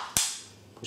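The forend of a Browning Cynergy Black Ice 12-gauge shotgun is pushed together with the barrels, and its catch latches with a sharp metallic snap at 0.2 s. A quieter, brief rustle follows near 0.8 s. The forend latch is seated on the barrels.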